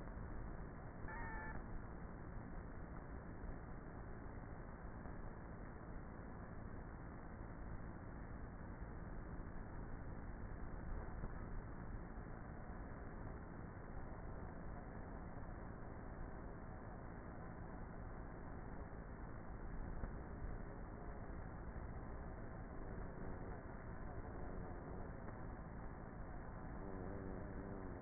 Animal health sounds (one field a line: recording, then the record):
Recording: honeybee colony, microphone inside the hive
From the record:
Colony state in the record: queenless with a low population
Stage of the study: before two queens were removed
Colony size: about 30,000 bees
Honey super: no